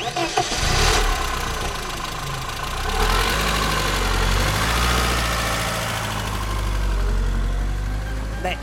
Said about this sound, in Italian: Accendiamo i motori, cari amici.